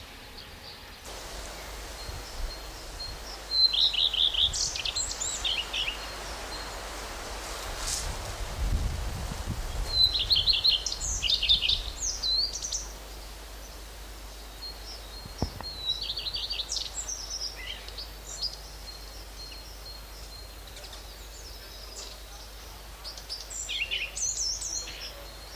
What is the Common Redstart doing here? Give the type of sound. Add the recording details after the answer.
song. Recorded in the wild. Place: Prerow, Darß, Mecklenburg-Vorpommern, DE. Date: 1989-05-04 13:56. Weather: sunny, 20°C. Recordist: Tembrock, Günter. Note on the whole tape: Gesang: zwei Exemplare, auch Varianten ohne typischen Anfang! Bis 14.11 Uhr. Teilweise recht gut